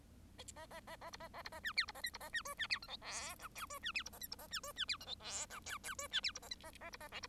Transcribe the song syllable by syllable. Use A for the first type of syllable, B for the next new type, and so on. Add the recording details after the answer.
A A A A B A A B A C D B A E B A C F C D G H I J K F C D B A E B A C F C D G H I J K K F C D B A E A A B A L B. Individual Bird1